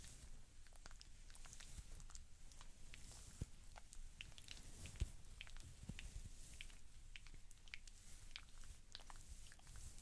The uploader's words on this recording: ASMR Relaxing Haircut Roleplay (Layered Sounds & Real Hair Cutting).